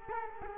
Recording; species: mosquito wingbeat signal from an infrared sensor; Culex quinquefasciatus